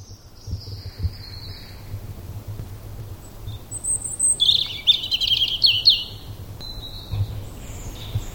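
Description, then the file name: European robin singing a brief, high, tinkling warble in the middle, with a few faint thin notes before it over low steady background noise. "Erithacus rubecula"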